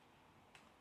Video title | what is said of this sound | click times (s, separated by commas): Building Great Experiences With 4D Systems - Session 01 | it's always good to just make sure that you have it in secure, and then make sure you lock the | 0.6 s